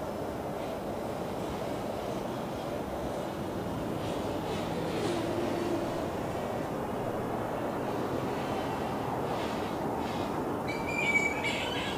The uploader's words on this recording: Carrington Mangroves | Bat colony just before dusk. Flying foxes, passers by, traffic.